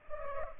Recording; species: mosquito wingbeat signal from an infrared sensor; Culex pipiens